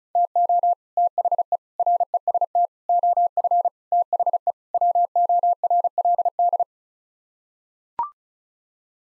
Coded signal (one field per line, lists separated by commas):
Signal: Morse code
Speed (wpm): 34 wpm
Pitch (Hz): 700 Hz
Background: none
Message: TO THE REST OF THE WORLD